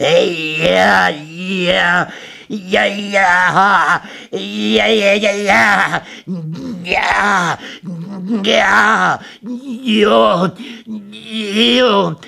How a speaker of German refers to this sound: unergründlichen Strudeln außerkosmischen Bewusstseins oder dunkler, lang verborgener Vererbung mochte dieses halbartikulierte, donnergleiche Krächzen herausgelockt sein? Jetzt ertönte es wieder laut und klar in völliger, äußerster, letzter Raserei.